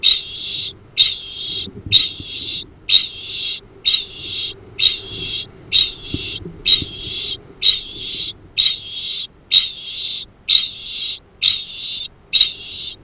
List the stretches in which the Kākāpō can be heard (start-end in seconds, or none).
0.00-13.03